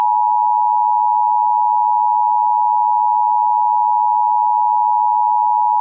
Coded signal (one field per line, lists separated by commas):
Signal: Emergency Alert System (SAME) tones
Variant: 853 and 960 Hz attention tone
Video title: EAS Scenario - Before The Dawn